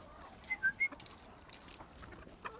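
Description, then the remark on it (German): A person whistles three short, bright notes in quick succession at chickens without giving them food, followed by soft, scattered clucking from the chickens over a quiet background. “Louis zeigt mir seine Hühner.”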